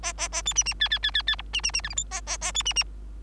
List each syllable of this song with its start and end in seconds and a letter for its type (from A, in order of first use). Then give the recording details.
0.03-0.13 A, 0.17-0.28 A, 0.32-0.42 A, 0.45-0.54 B, 0.55-0.63 C, 0.65-0.74 C, 0.80-0.89 D, 0.90-0.99 D, 1.03-1.11 D, 1.14-1.22 D, 1.27-1.36 D, 1.38-1.42 E, 1.53-1.61 C, 1.63-1.72 C, 1.73-1.81 C, 1.83-1.89 F, 1.89-1.94 G, 1.96-2.04 H, 2.11-2.21 A, 2.26-2.38 A, 2.41-2.52 A, 2.54-2.63 B, 2.65-2.73 C, 2.75-2.83 C. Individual Bird3